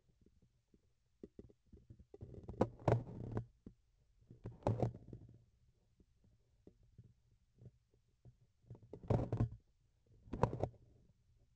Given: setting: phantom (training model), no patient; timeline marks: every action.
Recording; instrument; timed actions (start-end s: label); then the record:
laparoscopic instrument, vibration sensor on the handle end; grasping forceps
2.08-3.50 s: forceps opening
4.26-5.45 s: forceps closing
8.57-9.56 s: forceps opening
10.03-11.13 s: forceps closing
From the record:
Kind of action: tool actuation without material contact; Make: other than Olympus